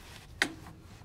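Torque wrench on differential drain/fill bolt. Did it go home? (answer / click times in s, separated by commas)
yes / 0.4 s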